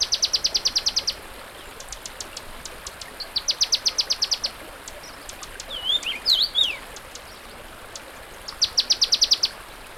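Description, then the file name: Dusky warbler repeating short high trills of sharp, evenly spaced notes a few times, with scattered thin chirps between over constant background noise. "warbler-dusky -Phylloscopus-fuscatus"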